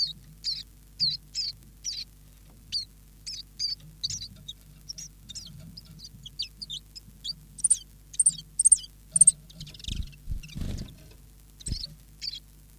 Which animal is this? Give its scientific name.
Phylloscopus collybita